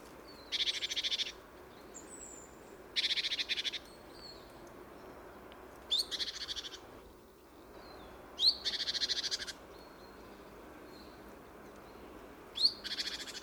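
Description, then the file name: Great tit churring calls, five harsh, buzzy bursts each under a second, repeated every two to three seconds, with thin whistles in between over steady background hiss. "Parus major"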